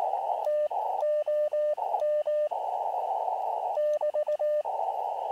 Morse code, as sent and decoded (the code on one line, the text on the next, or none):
- --- -- / -...-
TOM <BT>